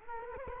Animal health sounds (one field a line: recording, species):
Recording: mosquito wingbeat signal from an infrared sensor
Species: Culex quinquefasciatus